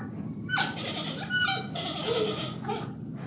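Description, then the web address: Panda giving a long, wavering, harmonic bleat broken into a few pulses, over a steady low background hum. Panda sitting in a zoo. "suoni di un panda suono emesso da un panda seduto allo zoo"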